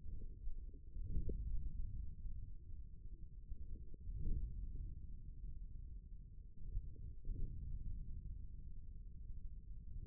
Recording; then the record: forearm muscle sounds (acoustic myography)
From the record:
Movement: forearm pronation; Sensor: system 1, eight BSWA MPA416 microphones around the upper forearm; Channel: 2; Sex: male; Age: 41 years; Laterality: right